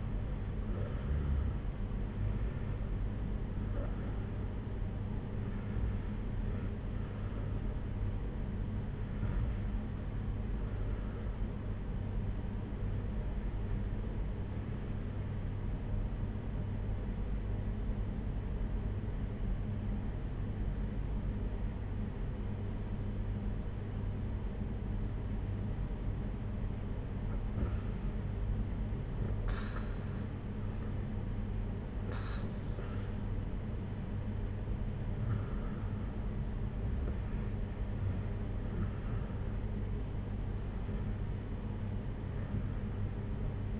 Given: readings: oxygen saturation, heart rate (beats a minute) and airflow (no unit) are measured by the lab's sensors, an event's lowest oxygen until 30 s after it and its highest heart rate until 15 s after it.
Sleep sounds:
breathing in sleep by a smartphone at the bedside; 1
16.00-30.50 s: obstructive apnea (N2, oxygen 95% highest, then 92% lowest)
36.00-43.80 s: new sleep stage, REM sleep
From the record:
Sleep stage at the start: N2 (light sleep); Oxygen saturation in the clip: 91 to 95%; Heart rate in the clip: 58 to 65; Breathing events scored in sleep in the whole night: 226 in 8.8 hours asleep

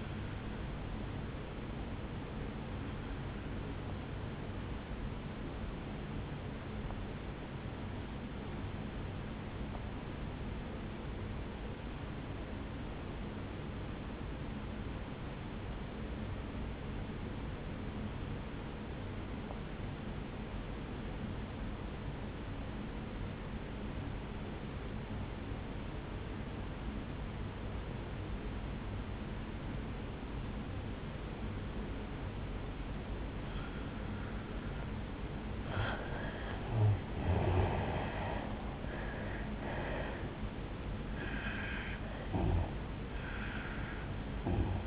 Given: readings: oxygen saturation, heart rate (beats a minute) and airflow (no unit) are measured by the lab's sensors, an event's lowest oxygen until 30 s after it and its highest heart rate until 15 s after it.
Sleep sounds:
breathing in sleep by a voice recorder at the bedside; 1
5.00-36.40 s: obstructive apnea (N1, oxygen 97% highest, then 84% lowest, heart rate 59 at the start, 76 highest)
9.00-39.00 s: new sleep stage, N2 (light sleep)
39.00-44.87 s: new sleep stage, N1 (lightest sleep)
From the record:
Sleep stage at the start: N1 (lightest sleep); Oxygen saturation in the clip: 83 to 97%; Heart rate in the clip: 54 to 76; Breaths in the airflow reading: 4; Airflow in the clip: -10.4 to 7.5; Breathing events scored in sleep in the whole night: 449 in 7.0 hours asleep

